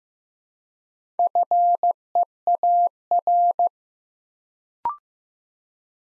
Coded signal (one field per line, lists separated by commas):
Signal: Morse code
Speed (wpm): 15 wpm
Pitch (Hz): 700 Hz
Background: none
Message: FEAR